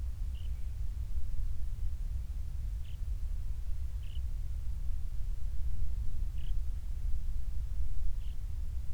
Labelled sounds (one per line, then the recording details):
songbird
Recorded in the Prudhoe Bay oil fields, Alaska, on 28 July 2019 at 06:29
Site 25